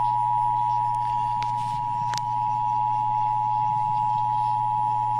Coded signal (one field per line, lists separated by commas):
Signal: Emergency Alert System (SAME) tones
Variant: 853 and 960 Hz attention tone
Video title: EAS 301- RMT on WWL